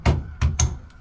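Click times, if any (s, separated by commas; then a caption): 0.6 s. The spring-return water valve of a Daikin McQuay 2-pipe fan coil unit, which is not cooling, is held open while the valve actuator head is pushed down onto the valve body. Two dull thumps come at about 0.1 s and 0.4 s, then a sharp click at 0.6 s as the actuator snaps on, with a faint knock at 0.9 s. The actuator is seated on the valve body.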